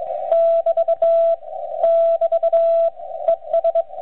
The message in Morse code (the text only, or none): <BT> <BT> ES